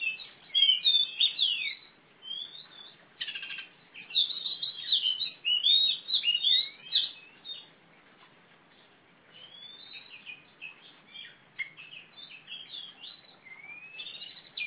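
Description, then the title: Oriental magpie-robin in full song, bright whistles and swooping notes packed into fast phrases, then a softer, sparser stretch with occasional clear whistles. Female competition bird of the poci type, black, a national first-place champion from East Java, described as a fighting bird that sings constantly (gacor). "Kacer Juara 1 Nasional gacor kacer juara nasional jawa timur kacer tarung betina poci gacor hitam"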